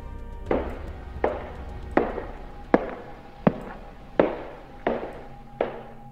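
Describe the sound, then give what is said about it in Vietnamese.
Eight slow, evenly spaced footsteps pacing back and forth inside a house thud across a wooden floor, each heavy step ringing briefly with a hollow, resonant boom, with no voices. “Trong cái cơn mê man, cảm giác ở trong nhà như có những tiếng động lạ, có những tiếng bước chân cứ đi đi lại lại quanh quẩn ở trong nhà, vang lên trên sàn gỗ.”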